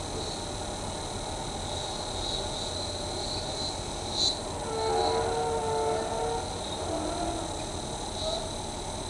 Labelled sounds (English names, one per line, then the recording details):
none
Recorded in shrubland near Pivijay, Magdalena, Colombia, on 15 April 2023 at 11:30
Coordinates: 10.453, -74.365
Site P5-G022